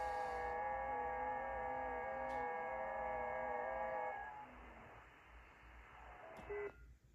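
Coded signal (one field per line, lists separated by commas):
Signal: FT8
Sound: several overlapping steady warbling tones, like soft organ notes, fading out halfway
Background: radio static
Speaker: yep got one back and we're doing the sending the rrr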